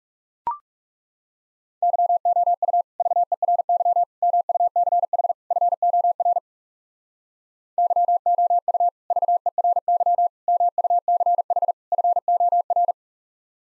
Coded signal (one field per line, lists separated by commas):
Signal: Morse code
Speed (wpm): 37 wpm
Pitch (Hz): 700 Hz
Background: none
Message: YOU VERY MUCH FOR YOU VERY MUCH FOR